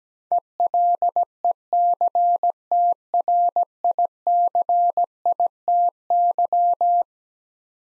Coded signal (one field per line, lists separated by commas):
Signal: Morse code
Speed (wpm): 17 wpm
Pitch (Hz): 700 Hz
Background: none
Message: ELECTRICITY